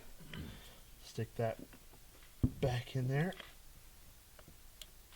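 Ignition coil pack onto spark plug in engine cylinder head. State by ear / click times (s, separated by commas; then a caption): seated / 4.8 s. Someone talks while an ignition coil pack is pushed back down into the plug well of a BMW N20 engine in an F30, onto the spark plug in the cylinder head. A short, sharp click sounds at 4.8 s as the coil seats on the plug.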